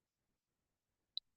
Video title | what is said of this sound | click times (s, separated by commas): Chartier Painting Video 4 SCUFFING AND TOPCOAT | it'll snap into place | 1.2 s